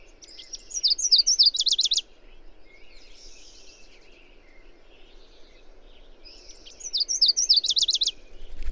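Bird song, two short bursts of high chirps, each ending in a fast trill, separated by several seconds of quiet background with a faint buzzy note, then a low thump.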